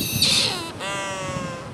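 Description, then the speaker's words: Newell's shearwater call: a harsh, nasal opening note, then a long, steady, drawn-out wailing tone. Rehabilitated birds being released on a windy volcanic cliff in Hawaii above crashing waves; Native Hawaiian name 'a'o comes from the sound of its call. "Native Hawaiians name the Newell Shearwater for the sound of its call, a'o."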